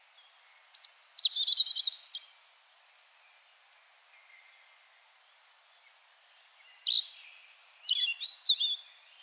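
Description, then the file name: European robin song: two phrases several seconds apart, each with high thin whistles dropping into quick twittering trills, silence between. "Erithacus rubecula"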